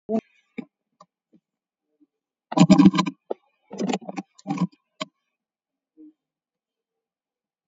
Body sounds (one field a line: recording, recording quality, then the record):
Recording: shallow breathing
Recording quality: poor, much background noise or distortion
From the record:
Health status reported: exposed to COVID-19, no respiratory illness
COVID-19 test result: negative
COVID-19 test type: RT-PCR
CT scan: taken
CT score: 7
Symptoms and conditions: loss of smell and taste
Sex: male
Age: 33 years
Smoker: no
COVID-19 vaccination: one dose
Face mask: worn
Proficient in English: yes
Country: India